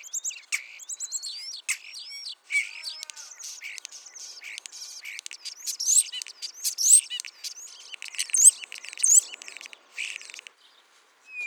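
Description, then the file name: Common starling singing a varied medley: slurred rising whistles, buzzy rattles and squeaky chatter running almost continuously, growing louder toward the end before stopping. "Spreeuw"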